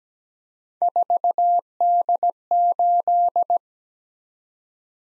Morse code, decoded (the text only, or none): 4D8